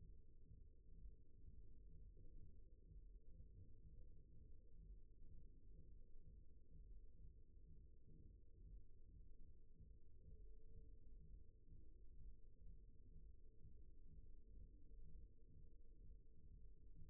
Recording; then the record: forearm muscle sounds (acoustic myography)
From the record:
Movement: rest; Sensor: system 1, eight BSWA MPA416 microphones around the upper forearm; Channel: 4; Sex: male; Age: 54 years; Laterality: right